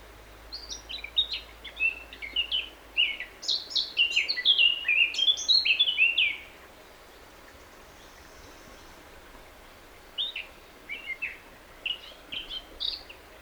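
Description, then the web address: Eurasian blackcap singing a fast, jumbled warble of bright, high notes for about six seconds, then a pause and a shorter, softer phrase, with faint background noise throughout. "SETE data Sylvia atricapilla"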